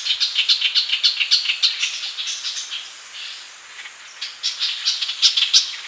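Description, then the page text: Ochraceous bulbul giving rapid scratchy chatter notes in uneven runs, with a short lull midway and a constant high hiss behind. "Ochraceous Bulbul Calls. Quick Sounds"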